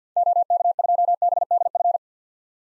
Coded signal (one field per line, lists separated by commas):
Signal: Morse code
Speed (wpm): 50 wpm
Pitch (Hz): 700 Hz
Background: none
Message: OK2BDF